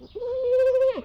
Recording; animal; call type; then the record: contact call of a hoofed animal; goat; low-frequency (closed-mouth) or high-frequency (open-mouth) call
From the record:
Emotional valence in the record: negative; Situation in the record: short social isolation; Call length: 1.05 s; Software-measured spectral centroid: 1360 Hz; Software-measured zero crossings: 1260 a second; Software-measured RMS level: -23 dBFS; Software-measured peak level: -16 dBFS